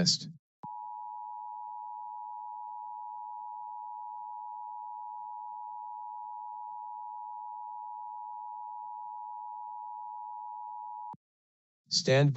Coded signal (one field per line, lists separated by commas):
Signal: Emergency Alert System (SAME) tones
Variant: 853 and 960 Hz attention tone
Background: speech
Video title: LIVE AM/MW DX: DX Central Live - S. 3, Ep. 8 | Friday, November 11, 2022 | MWFC: 1270 & 603 kHz